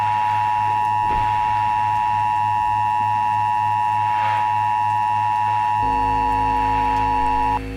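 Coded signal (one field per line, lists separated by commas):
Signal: Emergency Alert System (SAME) tones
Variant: 853 and 960 Hz attention tone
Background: music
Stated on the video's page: Mock EAS alert about an Ohio outbreak, not a real broadcast.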